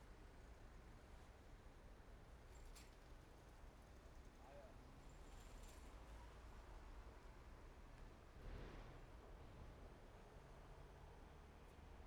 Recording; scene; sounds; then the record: everyday scene through a hearing-aid microphone; in traffic; traffic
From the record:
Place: main road on the outskirts, rush hour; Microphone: behind the ear, right, rear